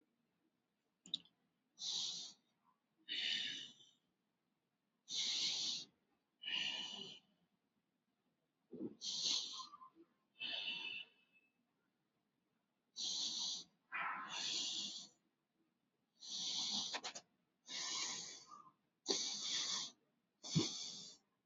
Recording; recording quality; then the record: shallow breathing; excellent, no background noise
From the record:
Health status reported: COVID-19 positive, moderate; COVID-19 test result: positive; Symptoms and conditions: cough, breathing difficulty, fever, muscle pain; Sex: male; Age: 43 years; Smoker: not ticked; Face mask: worn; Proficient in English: yes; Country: India